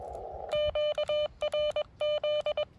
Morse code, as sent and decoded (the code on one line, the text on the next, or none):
--.- .-. --..
QRZ